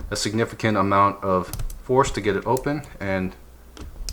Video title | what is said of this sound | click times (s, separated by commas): Invicta Seahunter 28986 NH35A Automatic Watch Review | pushing it in there's a very satisfying click | 4.1 s